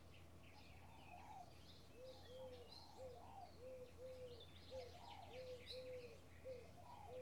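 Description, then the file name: Birds calling together: a soft, low cooing repeated in many short notes beneath higher chirps and twitters, with a low breezy rumble throughout. Bird ambience in a field in the early morning with a slight breeze. "Birds Ambience Atmosphere early morning field slight breezew"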